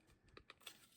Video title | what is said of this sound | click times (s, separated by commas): UPGRADE KIT: DNA Designs DK-21 - Scorponok! Is it Worth it? | fold them in on themselves until you hear a click. | 0.4 s, 0.5 s